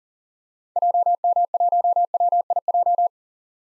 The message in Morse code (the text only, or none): JM1WIJ